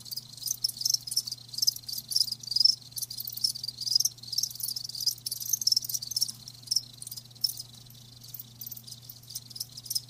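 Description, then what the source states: Crickets chirp in rapid high pulses over a constant low humming background. Live crickets chirping, a lulling song.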